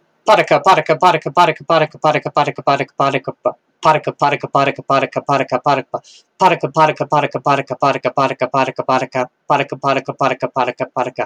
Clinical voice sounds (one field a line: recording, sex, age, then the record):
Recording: repeated syllables /pa ta ka/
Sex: male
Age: 50 to 59 years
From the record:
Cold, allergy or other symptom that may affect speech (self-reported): no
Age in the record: 52 years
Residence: Colorado, United States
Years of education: 14